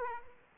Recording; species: mosquito wingbeat signal from an infrared sensor; Aedes aegypti